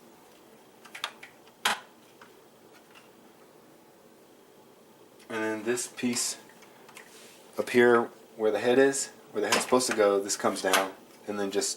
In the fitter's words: so these go up and they will lock into place and then